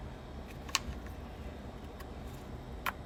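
A second steel BTR LS7 hydraulic lifter for a 5.3 LS engine is run into the plastic lifter guide tray, facing the other way from the first, and pushed until it clicks into place. A sharp click at 0.8 s marks it seating, followed by another brief tick near 2.9 s. The lifter is seated in the tray.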